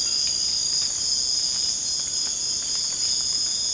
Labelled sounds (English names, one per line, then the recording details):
none
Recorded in secondary vegetation near Puerto Asís, Putumayo, Colombia, on 19 March 2025 at 00:30
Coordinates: 0.485, -76.322
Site G040